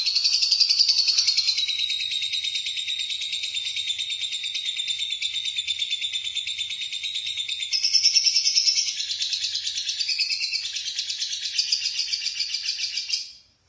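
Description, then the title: Lovebird song, a long, fast, buzzy chatter held for over twelve seconds, with a thin steady tone running through it and brief louder bursts midway. "BM Suara Burung Lovebird"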